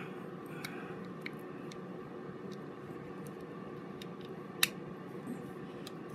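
The side plate of a vintage Abu Ambassadeur 5000 fishing reel is pressed back onto the reel frame during reassembly after cleaning. Faint clicks and light handling ticks sit over a low steady background. A sharp snap at 4.6 s marks the side plate seating in place.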